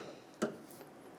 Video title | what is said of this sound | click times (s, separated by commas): How to Replace Hood Strut 2000-2006 Toyota Tundra | it'll snap in | 0.4 s